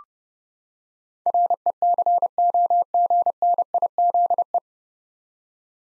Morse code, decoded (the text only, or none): RECOGNIZE